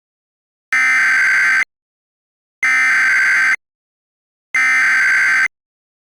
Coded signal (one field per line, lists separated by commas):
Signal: Emergency Alert System (SAME) tones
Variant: header bursts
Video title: EAS Mock: Beltrami from Twisted???? (Requested)